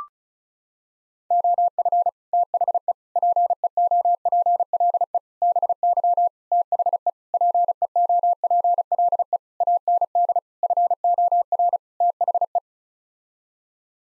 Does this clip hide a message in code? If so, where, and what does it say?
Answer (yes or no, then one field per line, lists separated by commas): yes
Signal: Morse code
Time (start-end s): 1.3-12.6 s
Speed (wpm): 36 wpm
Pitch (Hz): 700 Hz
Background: none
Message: OF THE PEOPLE BY THE PEOPLE AND FOR THE